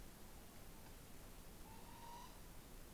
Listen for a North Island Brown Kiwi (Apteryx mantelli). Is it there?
no